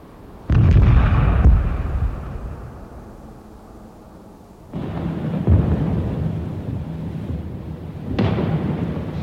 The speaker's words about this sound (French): Alors les gros canons de l'arrière se sont mis à tirer pour que tout le monde sache bien que la guerre continuait et qu'il n'était pas encore temps d'espérer.